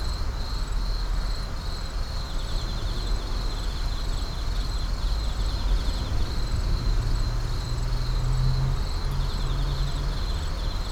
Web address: Urban park night insects numerous. boom library Urban and Suburban